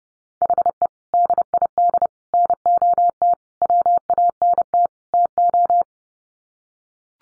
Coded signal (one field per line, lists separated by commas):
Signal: Morse code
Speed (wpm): 30 wpm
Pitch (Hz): 700 Hz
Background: none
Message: HE DID NOT WANT TO